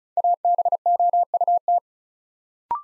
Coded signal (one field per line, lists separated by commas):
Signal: Morse code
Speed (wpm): 36 wpm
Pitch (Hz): 700 Hz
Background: none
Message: ABOUT